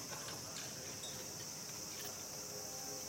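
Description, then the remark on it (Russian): A bee buzzes in a steady, high-pitched drone that holds at an even level throughout, with faint clicks and rustles underneath and no voices. “Сайлос и девушка наблюдают за пчелой.”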